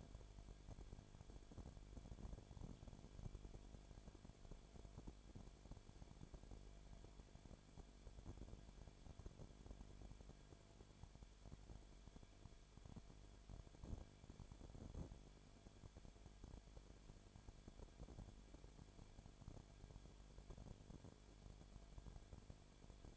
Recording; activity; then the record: daily activity, microphone in the room; no activity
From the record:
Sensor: 5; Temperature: 19.8 degrees Celsius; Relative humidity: 33.3%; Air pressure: 1001.4 hPa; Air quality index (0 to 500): 31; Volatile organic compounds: 1 ppm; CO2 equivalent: 524 ppm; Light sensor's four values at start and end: 2/3/1/1 and 2/3/1/1